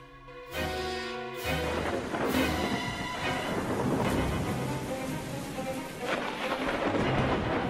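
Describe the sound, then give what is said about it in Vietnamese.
Loud, rumbling thunder cracks through a rainstorm, with lightning, during a burial procession, with sharp bursts and a continuous roar over steady rain; no one speaks. “Thỉnh thoảng trên bầu trời, sấm sét cứ thế mà rạch lên từng tia, kèm theo tiếng nổ đinh tai nhức óc.”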